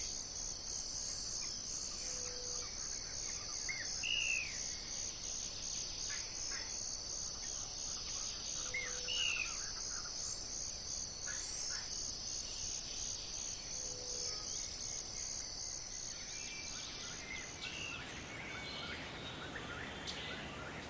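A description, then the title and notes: Birds chirp in a forest, short calls every few seconds over a steady high insect drone, with a soft low whistle recurring about every six seconds. Frequency & Nature Sounds "Birds". In the early morning hours, listen to the enchanting chirping of birds from the depths of the forest.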